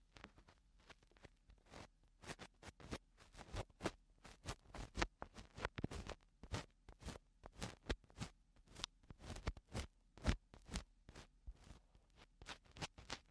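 Eardrum cleaning: a steady run of short, crisp scratching and scraping strokes, about two or three per second for the whole stretch. The strokes are bright and brushy, some louder than others, over a faint low hum that stays constant underneath.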